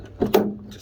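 A new hood support gas strut's end fitting is pressed onto its mounting ball stud on an Audi A4 B7. A softer knock at 0.2 s is followed by a sharp snap at 0.3 s, with a faint low ring trailing off. The strut end is seated on the ball stud.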